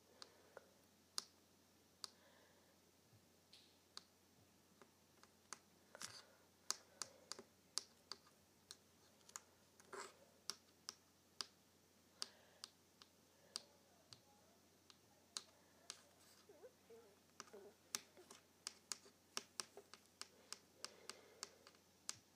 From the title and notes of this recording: ASMR Tapping a Paperclip on my Table.